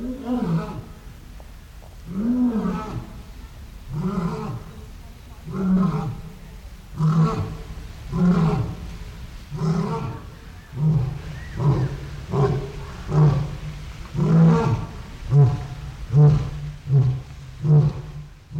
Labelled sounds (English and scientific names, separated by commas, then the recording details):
Lion (Panthera leo)
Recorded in captivity
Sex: male
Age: adult
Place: Zoo Berlin, Berlin, DE
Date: 1994-09-10 10:50
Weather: bedeckt, 15°C, z.T. Regen
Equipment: Marantz CP 430, Sennheiser ME 80, Kopie Uher Variocord 263
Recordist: Tembrock, Günter